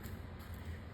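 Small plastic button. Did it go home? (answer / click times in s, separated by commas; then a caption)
no / none. The thumb release button on a South Bend 30 spincast fishing reel is pressed after the D clip is fitted, against a steady low rumble and faint broadband noise with no sharp transients. The button fails to lock down, and nothing has seated or clicked yet.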